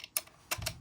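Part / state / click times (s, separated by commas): takedown pin into rifle receiver / not seated / none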